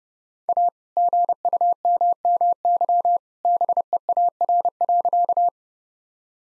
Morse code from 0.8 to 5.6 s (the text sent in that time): GUMMY BEAR.